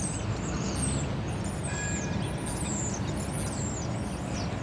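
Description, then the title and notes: Common starlings whistling and chattering in overlapping slurred high notes throughout, with continuous road traffic rumbling underneath. Starlings in plane trees at Porte de Ninove, Molenbeek-Saint-Jean, Brussels, Belgium; cars also heard; recorded with Lom mikroUši Pro microphones into a Zoom F3. "Porte de Ninove, Molenbeek-Saint-Jean, Bruxelles-Capitale, Belgique - Starlings in plane trees. étourneaux dans des platanes"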